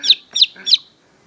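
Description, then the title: Greater green leafbird calling: three bright, sharp chips in quick succession, followed by near silence. "Kicau Burung Cucak Ijo"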